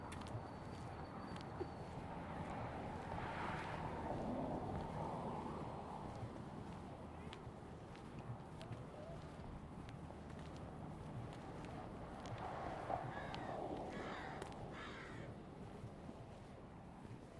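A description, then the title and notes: A stroll through a Seattle neighborhood, with a steady low traffic rumble running under the whole clip. Crows caw at intervals, most clearly around four seconds and again between twelve and fifteen seconds, and a few short clicks and taps sound throughout. Karen Eisenbrey and Keith Eisenbrey stroll in the neighborhood of the Tintinabulary, Seattle.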